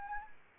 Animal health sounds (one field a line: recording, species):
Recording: mosquito wingbeat signal from an infrared sensor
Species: Anopheles arabiensis